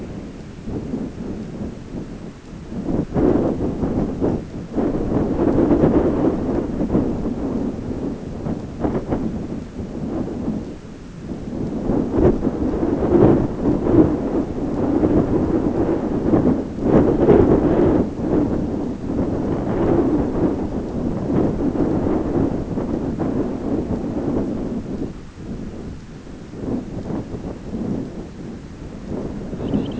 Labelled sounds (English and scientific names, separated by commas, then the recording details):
Dunlin (Calidris alpina)
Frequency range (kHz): Dunlin (Calidris alpina) 2.3-4.5 kHz
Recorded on Arctic tundra, site ZACK-1, on 16 June 2019
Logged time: 07:49